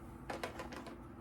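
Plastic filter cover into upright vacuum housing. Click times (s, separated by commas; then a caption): 0.3 s, 0.4 s. A plastic front filter cover is pushed back onto the body of a Shark Stratos upright vacuum. Two short, sharp clicks sound at 0.3 and 0.4 seconds, followed by a few fainter ticks. The cover snaps back in and is seated.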